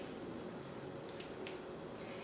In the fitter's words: it clicks but it doesn't go past the black line so I kind of have a feeling that this is the reason why